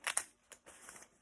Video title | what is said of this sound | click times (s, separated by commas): Modifying my Rocketeer Jacket!! #therocketeer #southbeachleather #cosplay #tipsandtricks | and they all just snap into place. | 0.1 s, 0.2 s